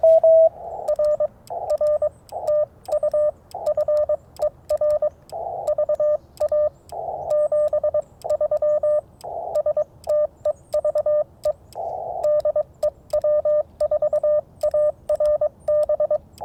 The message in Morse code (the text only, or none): R R TU FER VA 73 STEVE DE W4ARB